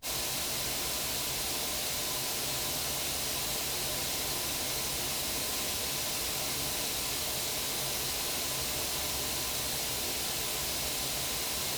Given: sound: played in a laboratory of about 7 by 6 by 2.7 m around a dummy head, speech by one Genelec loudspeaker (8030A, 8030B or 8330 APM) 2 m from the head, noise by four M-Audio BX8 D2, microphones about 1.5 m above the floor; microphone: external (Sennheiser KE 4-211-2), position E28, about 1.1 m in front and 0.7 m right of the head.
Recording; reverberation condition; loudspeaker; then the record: white noise; low; four, about 170 cm from the corners of the room and facing them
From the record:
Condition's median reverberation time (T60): about 310 ms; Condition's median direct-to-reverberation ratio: about 3.5 dB